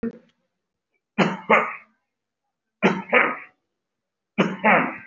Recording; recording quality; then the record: heavy voluntary cough; excellent, no background noise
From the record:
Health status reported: respiratory illness, not identified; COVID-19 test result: negative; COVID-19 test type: RT-PCR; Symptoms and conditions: breathing difficulty, fatigue, another respiratory illness, hypertension, diabetes, another condition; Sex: male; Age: 55 years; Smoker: yes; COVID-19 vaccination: both doses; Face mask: worn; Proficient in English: yes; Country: India